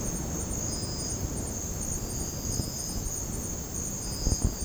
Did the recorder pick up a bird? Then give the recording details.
no. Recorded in dense forest near Puerto Asís, Putumayo, Colombia, on 20 February 2024 at 04:30. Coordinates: 0.486, -76.316. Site G6437